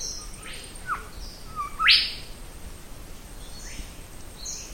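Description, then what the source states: Mangrove Golden Whistler call: faint whistles and a quick downslur, then a loud upward-sweeping note at two seconds, with softer high notes around it. Recorded on Little Pigeon Island, part of an archipelago off the coast of Western Australia; gives a whit-whit-whitchell call.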